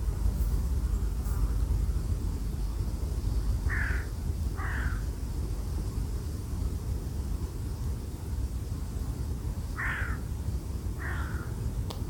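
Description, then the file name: Bird calling with two pairs of rasping caws separated by several seconds of rumbling wind. "Wind und Voegel"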